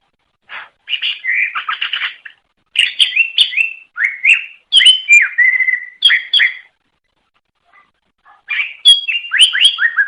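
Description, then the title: Greater green leafbird singing long bursts of varied whistled phrases, mixing quick chirps, slurred rising notes and a drawn-out steady whistle, with short gaps between bursts. Banyuwangi cucak ijo; master song for training other birds; gacor ngeplong singing style; bird described as a national champion. "mster Mnuk. Suara Cucak Ijo Banyuwangi Gacor Ngeplong Master. Masteran Cucak Ijo Juara Nasional"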